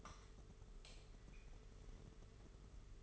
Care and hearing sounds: daily activity, microphone in the room; light on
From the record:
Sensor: 4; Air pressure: 991.8 hPa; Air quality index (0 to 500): 98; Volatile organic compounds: 11 ppm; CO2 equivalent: 2292 ppm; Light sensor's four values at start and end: 7/16/6/6 and 9/25/9/11

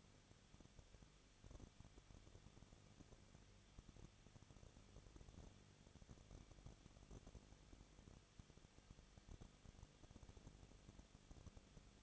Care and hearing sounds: daily activity, microphone in the room; no activity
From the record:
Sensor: 4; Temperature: 23.1 degrees Celsius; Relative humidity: 34.3%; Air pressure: 1007.2 hPa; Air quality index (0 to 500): 216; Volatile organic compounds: 15 ppm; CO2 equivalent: 2500 ppm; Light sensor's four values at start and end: 2/3/1/1 and 2/3/1/1

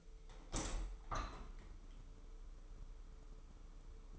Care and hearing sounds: daily activity, microphone in the room; open window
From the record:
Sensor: 1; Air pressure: 995.8 hPa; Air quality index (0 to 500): 53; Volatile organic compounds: 2 ppm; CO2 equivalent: 990 ppm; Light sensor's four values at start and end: 30/103/40/41 and 30/104/40/42

